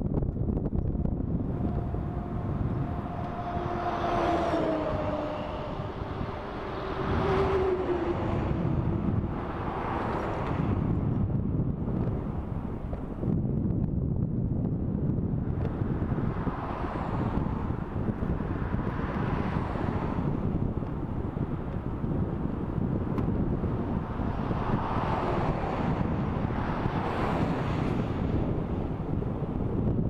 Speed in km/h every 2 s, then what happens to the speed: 21, 20, 20, 19, 20, 21, 21, 21, 20, 22, 21, 22, 21, 22, 21.
0-30 steady at about 21.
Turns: none.